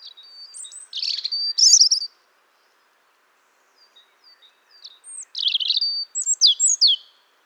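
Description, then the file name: European robin song: two high, tinkling phrases of thin whistles and rapid twittering notes, separated by a quiet pause of about three seconds with faint soft notes. "Erithacus rubecula"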